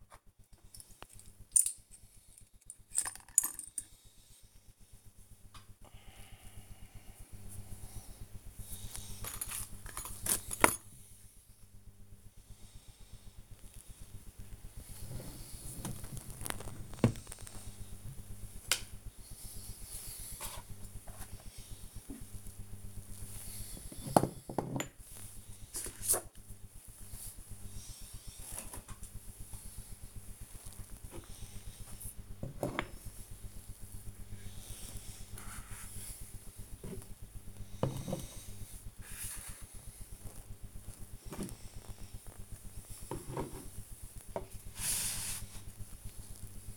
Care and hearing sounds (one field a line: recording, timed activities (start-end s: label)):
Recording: household activities, microphone on the right wrist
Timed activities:
0.00-46.77 s: tidy up the cupboard